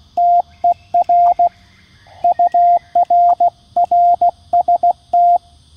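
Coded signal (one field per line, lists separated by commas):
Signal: Morse code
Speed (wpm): 16 wpm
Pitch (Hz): 700 Hz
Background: radio noise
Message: TER UR RST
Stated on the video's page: QRP CW summit activation at 16 WPM on 7.033 MHz (40m), QCX-mini at 5W, random wire on telescopic mast; unsuccessful due to QSB fading and rain.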